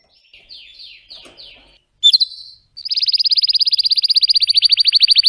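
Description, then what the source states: Canary song beginning with soft downslurred notes and a sharp chirp, then a long, loud, steady trill of very rapid pulses. Song of a red frosted Belgian canary.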